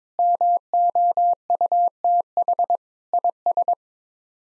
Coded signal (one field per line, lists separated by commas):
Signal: Morse code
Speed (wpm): 22 wpm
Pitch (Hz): 700 Hz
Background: none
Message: MOUTH IS